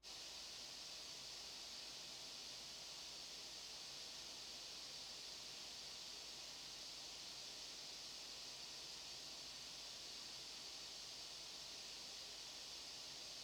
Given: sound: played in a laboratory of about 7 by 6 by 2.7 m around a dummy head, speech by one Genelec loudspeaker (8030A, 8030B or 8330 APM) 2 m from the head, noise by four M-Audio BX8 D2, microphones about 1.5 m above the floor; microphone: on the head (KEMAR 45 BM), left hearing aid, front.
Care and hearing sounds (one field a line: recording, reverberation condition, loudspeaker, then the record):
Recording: white noise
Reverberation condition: low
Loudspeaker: four, about 170 cm from the corners of the room and facing them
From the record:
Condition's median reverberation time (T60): about 310 ms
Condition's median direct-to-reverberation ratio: about 3.5 dB